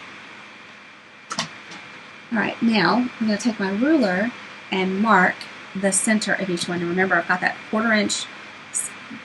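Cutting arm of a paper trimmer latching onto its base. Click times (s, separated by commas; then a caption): 1.3 s, 1.4 s. The cutting arm of a paper trimmer is folded down onto its base while the trimmer is put away, and it latches with a sharp double click at about 1.3 s and 1.4 s, locking into place. After that, someone talks over a steady low background hum.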